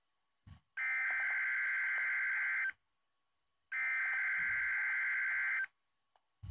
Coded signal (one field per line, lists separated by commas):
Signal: Emergency Alert System (SAME) tones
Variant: header bursts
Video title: EAS 179 - Required Weekly Test WXJ71